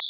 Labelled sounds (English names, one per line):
Common Yellowthroat flight call